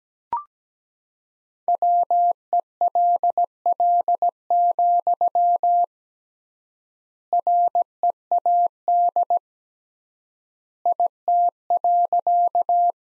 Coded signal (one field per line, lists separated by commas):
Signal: Morse code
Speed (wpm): 17 wpm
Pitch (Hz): 700 Hz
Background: none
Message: WELL, READ IT.